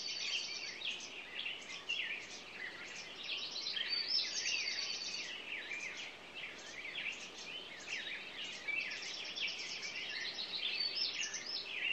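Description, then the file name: Songbirds in a morning chorus of rapid overlapping chirps, high buzzy trills and whistles, continuous and crowded throughout, over light hiss. "Echoes Of Nature-Morning Songbirds"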